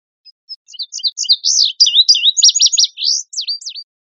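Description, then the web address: Indigo Bunting song of high, varied chirps that build into paired buzzy-sweet slurs and finish with two strong down-and-up notes; nothing else audible. "birdvocals CR INBU"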